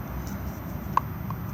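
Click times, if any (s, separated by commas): 1.0 s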